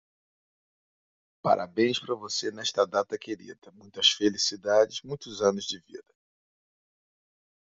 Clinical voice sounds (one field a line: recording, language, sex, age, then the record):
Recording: short text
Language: Brazilian Portuguese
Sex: male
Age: 50 to 59 years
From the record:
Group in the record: control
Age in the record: 51 years